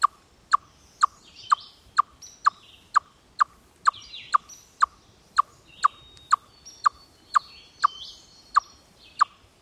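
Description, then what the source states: Chipmunk alarm call: a long steady series of many clucks, about two per second, over quiet background birdsong. Aerial predator alarm call.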